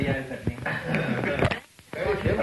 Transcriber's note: laughter